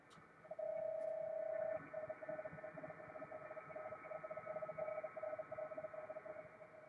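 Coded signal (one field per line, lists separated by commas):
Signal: PSK31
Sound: a single steady whistle-like tone, then a warbling pulsing tone at the same pitch, over hiss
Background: radio static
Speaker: if we move down to 14070 here we are at psk 31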